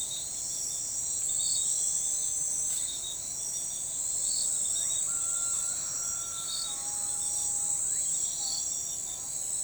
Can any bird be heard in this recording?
no